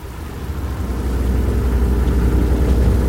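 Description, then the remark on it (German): A motorboat engine runs with a steady, deep rumble, its throbbing drone swelling slightly after the first second and then holding constant, as the boat is steered into the Grand Canal in Venice. No voices are heard. “lenkte das Boot in den Canal Grande.”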